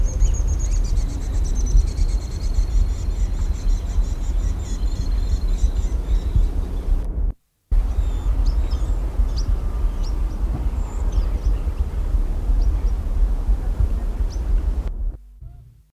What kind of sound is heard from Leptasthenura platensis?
call